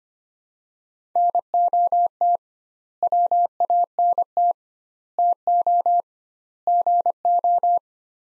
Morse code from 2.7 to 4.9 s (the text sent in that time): WANT